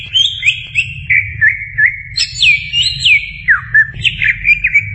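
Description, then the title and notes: Greater green leafbird song of looping whistled notes, some swooping down, others rising, delivered in a lively uneven rhythm over low hum. Champion songbird. "Kicau Burung Cucak Ijo Juara. Suara kicauan burung cucak ijo"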